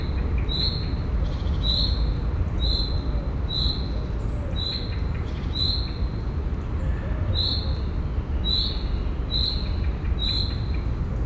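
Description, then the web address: Field cricket giving bright, high chirps at roughly one-second intervals with a brief pause midway, set against continuous low traffic noise. Recorded at a zoo in Szeged, Hungary, in 2011, with distant traffic noise. "allathangok 2011 mezeitucsok tucsok estavoliforgalomzaj"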